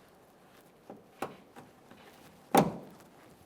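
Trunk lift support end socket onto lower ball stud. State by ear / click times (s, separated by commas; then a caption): seated / 1.2 s. The lower end socket of a new trunk lid lift support on a 2008-2017 Mitsubishi Lancer is lined up and pressed onto its ball stud. It snaps into place with a sharp click at 1.2 s, after a lighter tap at 0.9 s and before a louder thunk near 2.6 s. The socket is seated and secured with a tight fit.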